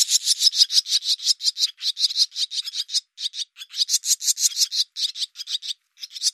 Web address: Deverinetal Bird Hi Ru